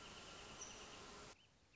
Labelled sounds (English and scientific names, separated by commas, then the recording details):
Wrentit (Chamaea fasciata)
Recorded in Sonoma County, California